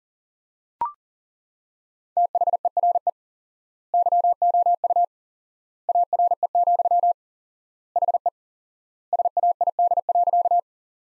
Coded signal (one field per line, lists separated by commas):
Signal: Morse code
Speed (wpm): 40 wpm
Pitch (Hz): 700 Hz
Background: none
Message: THERE YOU ARE, HE SAID.